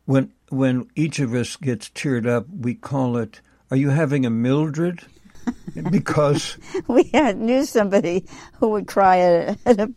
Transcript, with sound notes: when each of us gets teared up, we call it, "Are you having a Mildred?"
(laughs)
Because-
We had, knew somebody who would cry,